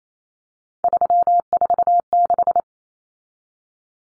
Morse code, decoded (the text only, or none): 346